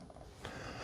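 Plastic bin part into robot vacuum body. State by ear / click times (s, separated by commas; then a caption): seated / 0.5 s. A plastic bin part of an iRobot Roomba j6+ robot vacuum is hooked into the vacuum body on the left side first, then rotated. Faint handling ticks come before a sharp snap at 0.5 s, when the part seats in place.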